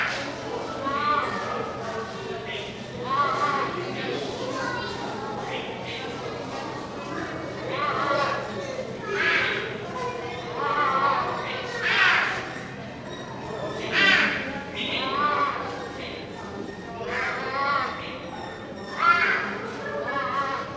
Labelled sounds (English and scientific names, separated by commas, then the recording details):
Clouded Leopard (Neofelis nebulosa)
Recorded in captivity
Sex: male
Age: adult
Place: Tierpark Berlin, Berlin, DE
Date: 1982-10-09 11:19
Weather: bedeckt-sonnig, etwas böiger Wind, 10-13°C
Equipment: Nagra SN, Kopie Uher 4200
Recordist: Tembrock, Günter